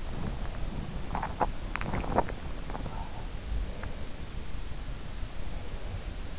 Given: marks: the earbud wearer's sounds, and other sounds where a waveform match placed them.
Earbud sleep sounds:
sounds in sleep by an in-ear microphone; teeth grinding
0.04-3.09 s: teeth grinding

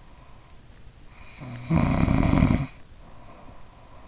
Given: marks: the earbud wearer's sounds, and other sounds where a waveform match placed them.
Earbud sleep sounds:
sounds in sleep by an in-ear microphone; snoring breath
1.05-3.68 s: snoring breath

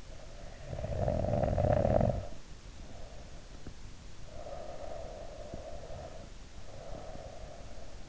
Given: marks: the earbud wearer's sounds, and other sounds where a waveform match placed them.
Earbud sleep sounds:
sounds in sleep by an in-ear microphone; snoring breath, breath
0.24-3.63 s: snoring breath
4.31-8.08 s: breath

